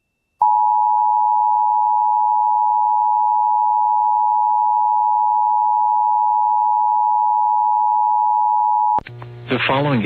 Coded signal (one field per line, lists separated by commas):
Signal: Emergency Alert System (SAME) tones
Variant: 853 and 960 Hz attention tone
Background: speech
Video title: Severe Thunderstorm Warning (4/17/26) [EAS #382]